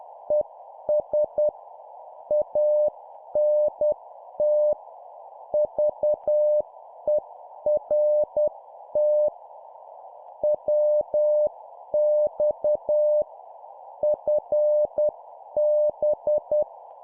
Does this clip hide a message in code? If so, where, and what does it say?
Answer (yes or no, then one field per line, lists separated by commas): yes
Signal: Morse code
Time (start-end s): 0.3-16.6 s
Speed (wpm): 10 wpm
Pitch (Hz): 600 Hz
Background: none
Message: ES ANT VERT WX FB